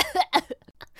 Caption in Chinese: 我刚刚呢很想咳嗽，然后我就咳出来了。 我刚刚被口水呛到了。